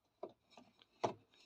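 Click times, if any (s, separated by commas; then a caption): 0.2 s, 0.8 s, 1.1 s. A slotted timber tool turns the agitator retaining wing nut clockwise on the drive shaft of a Fisher and Paykel top loader washing machine. The nut gives ratcheting clicks at 0.2, 0.8 and 1.1 seconds, with the last the loudest. The clicking means the wing nut is tightened.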